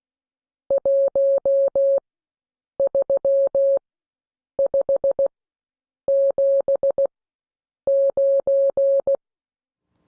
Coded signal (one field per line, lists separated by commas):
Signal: Morse code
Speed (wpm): 16 wpm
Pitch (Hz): 550 Hz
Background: none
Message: 13579